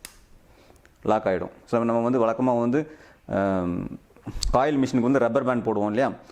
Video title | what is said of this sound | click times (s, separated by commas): Rotary Tattoo 2 in 1 machine Unbox / tattoo machine (Top Low Budget Best Rotary Tattoo Machine) | just இதில் press பண்ணால் மட்டும் போதும், lock | 0.1 s